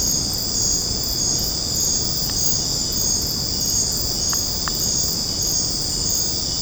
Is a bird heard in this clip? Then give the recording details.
no. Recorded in secondary vegetation near Puerto Asís, Putumayo, Colombia, on 8 March 2025 at 20:00. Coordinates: 0.481, -76.318. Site G097